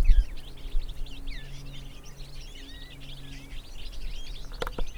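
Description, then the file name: European Goldfinch twittering calls, a dense run of short high, liquid notes and slurred chirps, over a steady low hum, with a sharp click near the end. "Carduelis carduelis"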